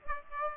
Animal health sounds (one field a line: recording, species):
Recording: mosquito wingbeat signal from an infrared sensor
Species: Aedes aegypti